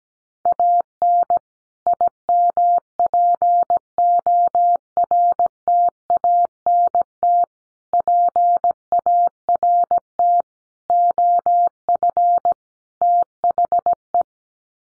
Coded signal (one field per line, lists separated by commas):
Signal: Morse code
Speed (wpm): 17 wpm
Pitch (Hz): 700 Hz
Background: none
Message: AN IMPORTANT PART OF THE